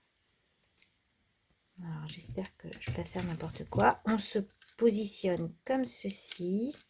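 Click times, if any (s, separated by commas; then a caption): none. A removable plastic insert is lined up against a plastic faux-stitching craft ruler, ready to be pushed back into place. A few faint handling sounds come before someone talks through most of the clip. Nothing has clicked or seated yet.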